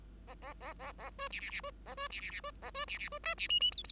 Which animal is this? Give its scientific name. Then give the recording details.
Lonchura striata domestica. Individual Bird5